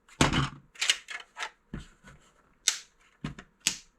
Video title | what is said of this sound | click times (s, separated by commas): Unboxing: 3PCS Fly Fan, Fly Fans for Outdoor Table, Fly Fan for Tables, Fly Fan Repellent Indoor | you pull it until you hear a click so each level | 0.2 s, 2.7 s, 3.7 s